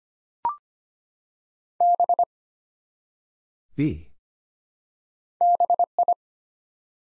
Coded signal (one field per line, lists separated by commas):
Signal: Morse code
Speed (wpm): 25 wpm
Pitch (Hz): 700 Hz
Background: none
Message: B BI